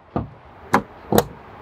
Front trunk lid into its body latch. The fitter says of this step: push down right below the crest and it will lock into place the